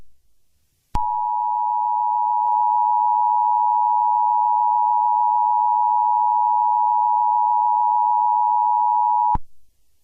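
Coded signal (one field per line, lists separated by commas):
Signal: Emergency Alert System (SAME) tones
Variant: 853 and 960 Hz attention tone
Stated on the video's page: Fake scenario test alert for Los Angeles, stated to be entirely fictional.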